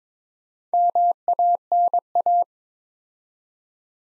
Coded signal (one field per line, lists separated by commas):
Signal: Morse code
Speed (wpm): 23 wpm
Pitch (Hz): 700 Hz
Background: none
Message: MANA